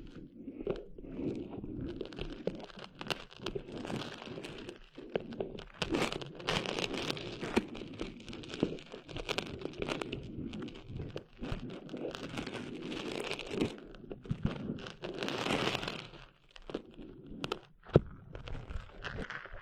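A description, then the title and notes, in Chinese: Sand rustles and crunches, as if being scooped, rubbed or walked through. The gritty texture runs nearly nonstop for the whole stretch, built from dense, quick crackles with a full lower body and brighter hiss on top, with brief dips around five and sixteen seconds. 沙沙沙…沙滩的沙沙声。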